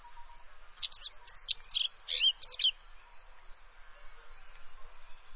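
Bird singing a brief, jumbled phrase of high, rapid chirps and slurred notes lasting about two seconds, over a continuous high-pitched insect-like whine.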